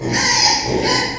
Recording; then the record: squeal of a Yucatan mini pig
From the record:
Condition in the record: before surgery on the right vocal fold (resection and tissue-engineered implant); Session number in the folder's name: 2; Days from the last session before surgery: 0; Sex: male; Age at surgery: 12 weeks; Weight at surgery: 13 kg